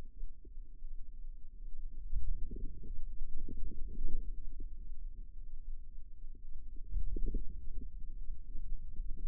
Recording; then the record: forearm muscle sounds (acoustic myography)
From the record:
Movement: ulnar deviation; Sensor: system 2, bracelet of six BSWA MPA416 microphones around the upper forearm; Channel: 1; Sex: female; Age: 25 years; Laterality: right